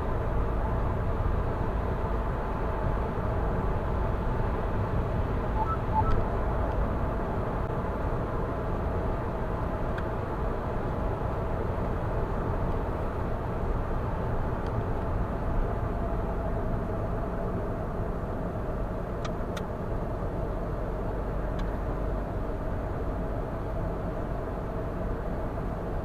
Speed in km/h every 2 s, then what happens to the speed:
95, 95, 95, 93, 92, 89, 86, 78, 69, 66, 67, 69, 69.
0-17 slows to 66. 17-26 steady at about 67.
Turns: none.